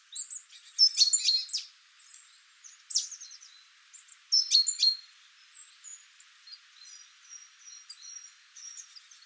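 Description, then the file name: Great tit calls, loud bursts of high chirping notes followed by softer thin whistled ticks trailing off. "Parus major"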